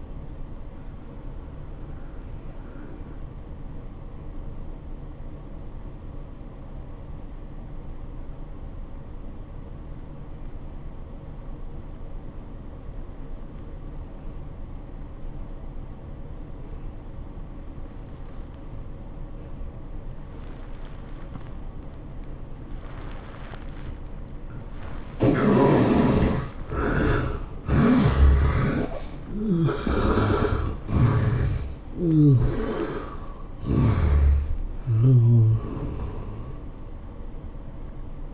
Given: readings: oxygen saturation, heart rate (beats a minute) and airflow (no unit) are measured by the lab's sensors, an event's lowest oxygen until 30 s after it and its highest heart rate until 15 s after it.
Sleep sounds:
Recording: breathing in sleep by a smartphone at the bedside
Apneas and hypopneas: 1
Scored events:
4.00-25.80 s: obstructive apnea (N1, oxygen 96% highest, then 72% lowest, heart rate 86 at the start, 106 highest)
12.00-38.34 s: new sleep stage, N2 (light sleep)
From the record:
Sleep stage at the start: N1 (lightest sleep)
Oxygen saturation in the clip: 72 to 96%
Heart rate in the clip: 79 to 106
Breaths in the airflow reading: 4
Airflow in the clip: -9.1 to 12.9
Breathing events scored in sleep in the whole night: 403 in 5.5 hours asleep

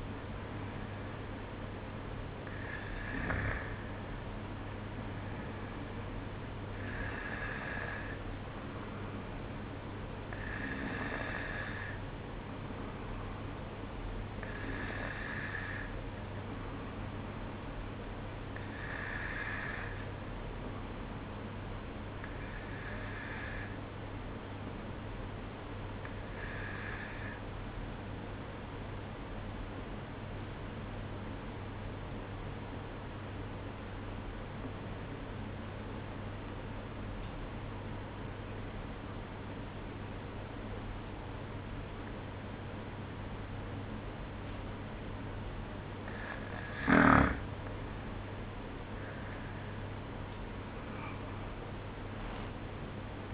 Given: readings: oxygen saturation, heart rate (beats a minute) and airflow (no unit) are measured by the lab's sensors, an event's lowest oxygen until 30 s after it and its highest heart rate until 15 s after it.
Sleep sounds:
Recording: breathing in sleep by a voice recorder at the bedside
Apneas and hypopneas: 1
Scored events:
33.00-46.40 s: obstructive apnea (N2, oxygen 94% highest, then 92% lowest, heart rate 54 at the start, 66 highest)
From the record:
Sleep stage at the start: N2 (light sleep)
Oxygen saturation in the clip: 93 to 94%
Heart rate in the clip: 54 to 65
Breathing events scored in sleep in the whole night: 305 in 9.6 hours asleep

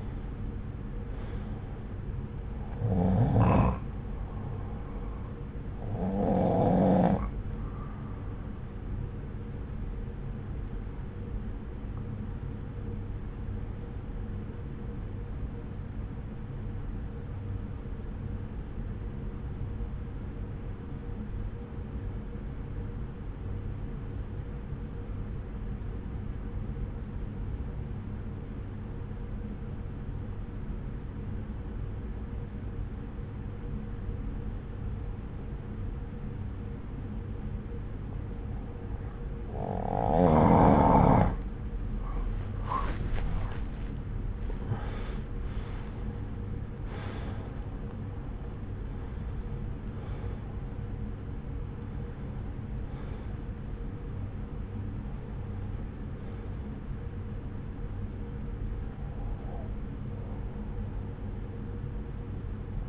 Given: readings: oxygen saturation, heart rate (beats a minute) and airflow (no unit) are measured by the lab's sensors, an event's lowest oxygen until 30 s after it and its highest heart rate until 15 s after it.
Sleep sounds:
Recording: breathing in sleep by a smartphone at the bedside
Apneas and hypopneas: 1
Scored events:
12.00-42.00 s: obstructive apnea (N1, oxygen 94% highest, then 86% lowest, heart rate 61 at the start, 77 highest)
25.00-55.00 s: new sleep stage, N2 (light sleep)
55.00-62.89 s: new sleep stage, N1 (lightest sleep)
From the record:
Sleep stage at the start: N1 (lightest sleep)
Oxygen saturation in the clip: 85 to 94%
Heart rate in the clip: 58 to 77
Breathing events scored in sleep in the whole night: 303 in 8.1 hours asleep

